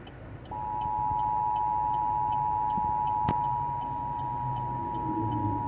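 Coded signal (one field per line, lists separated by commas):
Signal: Emergency Alert System (SAME) tones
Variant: 853 and 960 Hz attention tone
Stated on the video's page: National EAS test aired on an FM station in Akron, Ohio, during a live local show.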